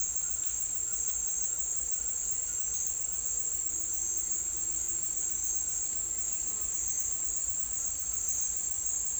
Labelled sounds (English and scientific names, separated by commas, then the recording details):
none
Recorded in dense forest near Puerto Asís, Putumayo, Colombia, on 22 December 2024 at 09:00
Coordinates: 0.468, -76.322
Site G071